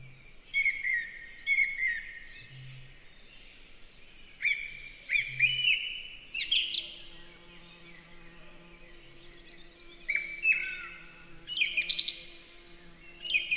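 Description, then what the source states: Song thrush song of several distinct phrases with pauses between them, while a low steady hum and faint intermittent drones run underneath. Singing in a forest in spring.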